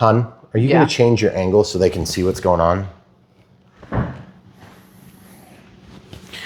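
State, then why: Partly seated. Someone talks, then a part is pressed into its hole in the frame or body of a Roban Wolfbush AH-1W Super Cobra 470-class RC helicopter, giving a sharp click at 3.9 s followed by quiet. The part is not seated and not all the way down, so the hole is to be opened up a little more.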